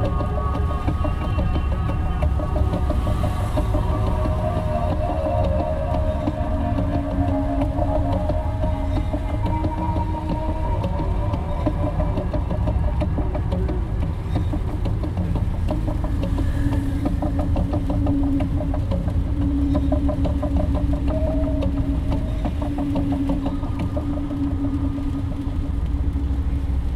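A steady interior car ride: a constant low engine rumble and road roar fill the whole stretch without pause. Faint tones drift over the drone, rising and falling slightly as the engine changes pitch, with a quiet rattle and hiss above.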